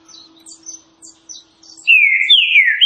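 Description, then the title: Green-winged saltator gives a loud, sweeping whistled phrase after a run of faint, high chirps over a low steady hum. Classic song style (canto clássico) used for training birds. "Canto Clássico Trinca Ferro TREINAMENTO"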